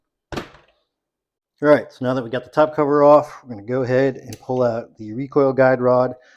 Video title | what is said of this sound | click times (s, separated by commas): KNS Plastic Delete Kit on the IWI Galil ACE Rock N' Lock 5.56 | charge the handle and it'll pop into place | 0.3 s